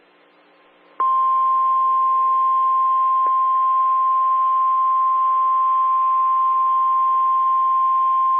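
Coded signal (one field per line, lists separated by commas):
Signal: Emergency Alert System (SAME) tones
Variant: 1050 Hz attention tone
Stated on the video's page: NOAA Weather Radio broadcast of a flash flood warning during a hurricane.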